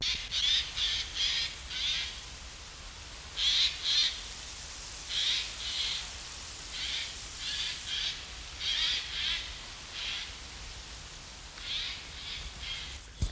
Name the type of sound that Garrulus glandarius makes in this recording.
call